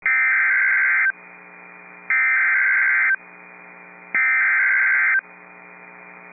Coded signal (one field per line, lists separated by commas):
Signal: Emergency Alert System (SAME) tones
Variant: header bursts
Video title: Severe Thunderstorm Warning (Wells and Sheridan Counties, ND) (8/8/25) [EAS #251]